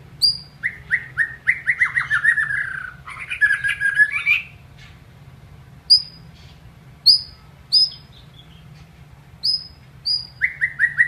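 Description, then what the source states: White-rumped shama song opening with a fast series of descending notes and a trill, then several scattered high thin notes, ending with another descending series. Masteran (training recording) of a White-rumped shama.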